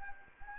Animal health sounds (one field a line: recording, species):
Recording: mosquito wingbeat signal from an infrared sensor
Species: Anopheles arabiensis